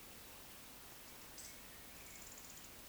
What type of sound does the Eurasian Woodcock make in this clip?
whistle